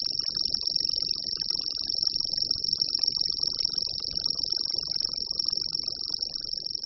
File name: Cvrčilka-zelená